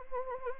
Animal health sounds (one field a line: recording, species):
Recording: mosquito wingbeat signal from an infrared sensor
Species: Anopheles arabiensis